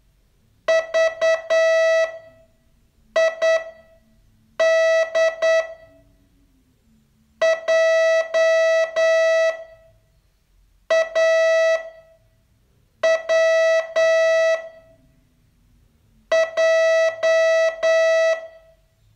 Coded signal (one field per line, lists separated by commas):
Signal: Morse code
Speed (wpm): 8 wpm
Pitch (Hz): 650 Hz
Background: none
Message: V I D J A W J